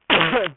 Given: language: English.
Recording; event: throat vibration sensor signal played as sound; cough